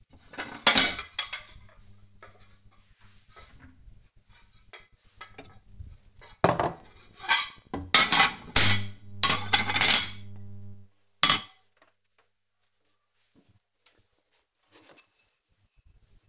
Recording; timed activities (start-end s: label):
household activities, microphone on the right wrist
0.00-16.29 s: putting away the dishes